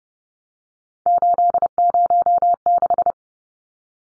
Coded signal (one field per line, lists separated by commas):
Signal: Morse code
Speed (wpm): 30 wpm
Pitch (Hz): 700 Hz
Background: none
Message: 806